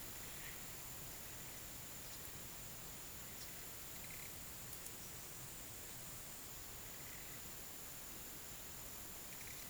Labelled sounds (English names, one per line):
none